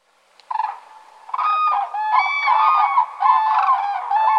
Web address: kurki hannes tiira. muuttolintukalenteri kurjet saapuvat pesivat parit ensimmaisten joukossa